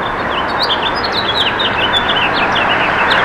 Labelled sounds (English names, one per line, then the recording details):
House Finch song
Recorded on Long Island, New York, on 18 June 2012
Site OG
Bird B